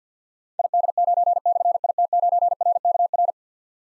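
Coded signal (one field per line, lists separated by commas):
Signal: Morse code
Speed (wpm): 50 wpm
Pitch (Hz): 700 Hz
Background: none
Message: ID9/IT9RKR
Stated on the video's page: Morse code drill at 50 wpm of difficult callsigns with slashes, each sent, spoken, then sent again, for keyboard or pencil copy.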